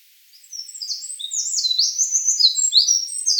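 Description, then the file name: Eurasian wren delivering part of its song, a quick jumble of piercing high notes and short trills, cut off mid-phrase. "Troglodytes troglodytes"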